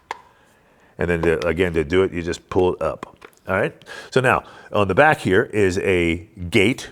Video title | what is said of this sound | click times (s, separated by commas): The Best Glock Chassis Available! Meta Tactical MX1 | It's a little confusing until you get the idea of it, but it snaps in place. | 0.1 s